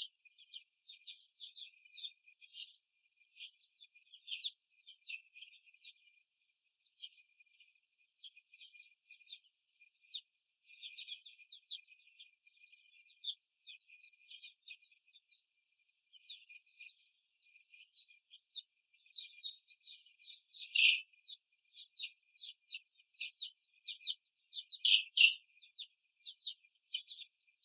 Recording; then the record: young laying hens in a cage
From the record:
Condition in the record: after the stressor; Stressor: simulated dog barking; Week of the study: 1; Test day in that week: 2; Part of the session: 1